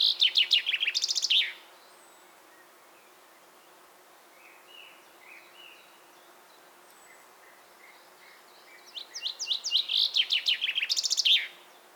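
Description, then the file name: Common chaffinch singing: a song ends at the start, then after a pause with faint soft notes, a full cascading trill with a terminal flourish follows. "Fringilla coelebs"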